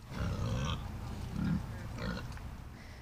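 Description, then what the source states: Gloucestershire Old Spot pigs grunting, a few low, rough grunts over about three seconds. Gloucestershire Old Spot pigs kept on Virtue Cider's farm land to eat fallen apples.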